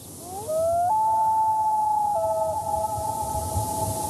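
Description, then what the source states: Common loon wailing: a rising note that swings up into a long, clear, mournful held tone. Haunting song, which the host says is not a wolf; breeds along lake shores from the northern U.S. to Canada; replayed as an example in a quiz recap.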